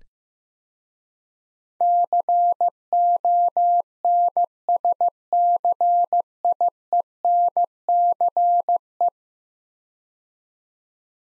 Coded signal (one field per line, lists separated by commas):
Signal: Morse code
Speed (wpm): 15 wpm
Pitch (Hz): 700 Hz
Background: none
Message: CONSCIENCE